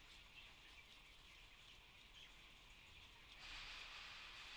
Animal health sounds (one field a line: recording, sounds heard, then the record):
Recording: poultry house recording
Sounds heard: healthy chickens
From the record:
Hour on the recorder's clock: 2